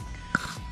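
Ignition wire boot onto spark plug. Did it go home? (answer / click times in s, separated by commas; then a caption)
yes / 0.4 s. The plastic boot of the ignition wire is pushed back onto a newly replaced spark plug on a 1996 first-phase Twingo 1. It seats with a short, sharp click at 0.4 s, confirming the lead connector is fully on.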